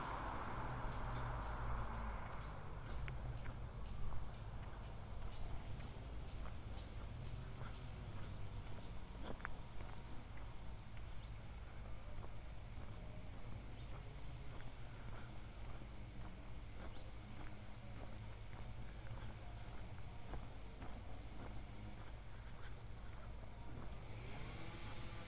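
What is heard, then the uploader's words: A steady outdoor hum of traffic fills a walk around south Boulder, with a constant low rumble underneath. Scattered short clicks and taps come and go, a brief hiss rises early on, and faint voices or birds drift through the background. A binaural field recording of walking around south Boulder, CO in the summer of 2015.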